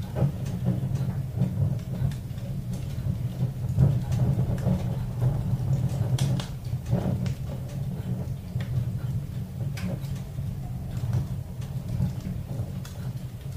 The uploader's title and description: Cabin in the Woods. A wizened old man works on toys by a roaring fire